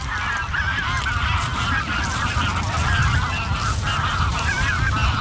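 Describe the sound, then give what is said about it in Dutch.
A flock of geese in the Maas valley (Maasvallei) honks continuously in overlapping, nasal calls, loud and steady for several seconds, with a low rumbling whoosh underneath like many wings beating as the birds fly away. “We horen de vogels wegvliegen.”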